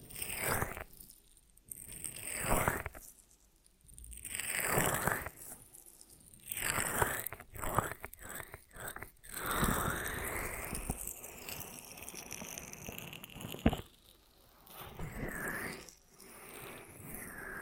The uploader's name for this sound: Ear Massage Triggers